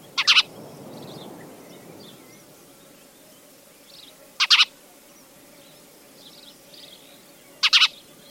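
Spanish sparrow chirps, loud double and triple chirping bursts given three times, roughly every three to four seconds, over a low steady hum and soft background noise.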